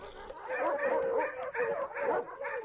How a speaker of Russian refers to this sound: Поднялся вдруг весь псарный двор. Почуя серого так близко забияку, псы залились в хлевах и рвутся вон на драку.